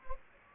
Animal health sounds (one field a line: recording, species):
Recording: mosquito wingbeat signal from an infrared sensor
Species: Anopheles gambiae